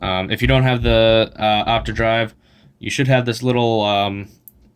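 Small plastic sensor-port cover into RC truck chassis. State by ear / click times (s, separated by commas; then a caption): not seated / none. Someone talks while handling a small plastic cover that stands in for the optional OptiDrive sensor on a Traxxas S-Maxx RC truck chassis, with a short pause midway and a faint brief sound near the end. The cover has not snapped into place yet; nothing has seated or clicked.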